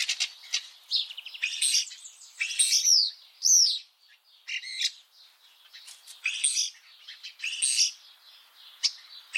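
Common starling calls: a varied run of clicks, raspy bursts and short down-slurred whistles, broken by brief pauses, with sharp ticking notes near the end.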